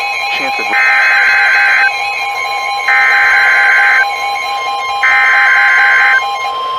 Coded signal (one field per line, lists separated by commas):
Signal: Emergency Alert System (SAME) tones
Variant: header bursts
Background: speech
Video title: CANADA DAY RAIN i don't know what to title this lol | EAS Alerts from July 1, 2022 (EAS 1,237-1,242)